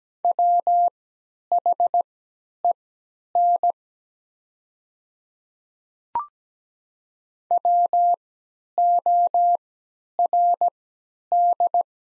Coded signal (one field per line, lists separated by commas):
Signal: Morse code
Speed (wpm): 17 wpm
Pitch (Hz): 700 Hz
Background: none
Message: WHEN WORD